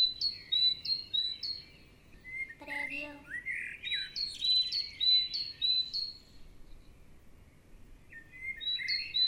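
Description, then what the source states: Birds singing: spaced high chirps and slurred warbles, with a short harsh harmonic call early on. Morning ambience.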